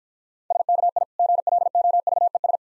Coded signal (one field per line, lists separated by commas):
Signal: Morse code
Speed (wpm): 55 wpm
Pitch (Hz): 700 Hz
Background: none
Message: SKI GLOVES